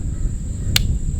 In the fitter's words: it's just a click and then you know it's in